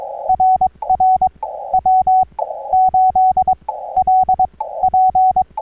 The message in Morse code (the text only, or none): RR W8LP